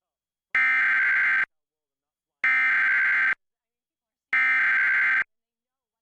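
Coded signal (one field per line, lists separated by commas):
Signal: Emergency Alert System (SAME) tones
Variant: header bursts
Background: speech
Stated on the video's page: Silver Alert administrative message caught on TV station KAZT 7.3; the on-screen scroll wrongly showed a Required Weekly Test.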